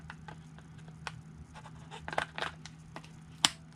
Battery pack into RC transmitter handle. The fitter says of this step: there we go just slide it forward until it snaps and